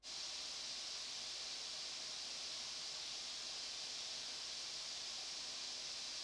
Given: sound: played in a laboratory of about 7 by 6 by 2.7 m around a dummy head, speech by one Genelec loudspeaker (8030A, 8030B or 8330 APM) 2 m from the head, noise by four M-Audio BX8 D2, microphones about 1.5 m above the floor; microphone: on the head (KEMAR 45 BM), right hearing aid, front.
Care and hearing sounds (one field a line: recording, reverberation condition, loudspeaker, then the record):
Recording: white noise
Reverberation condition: medium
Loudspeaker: four, about 170 cm from the corners of the room and facing them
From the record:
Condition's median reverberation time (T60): about 510 ms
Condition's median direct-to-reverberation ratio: about -0.5 dB